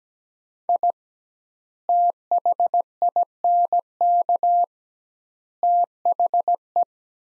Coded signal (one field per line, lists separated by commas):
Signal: Morse code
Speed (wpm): 17 wpm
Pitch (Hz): 700 Hz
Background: none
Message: I THINK THE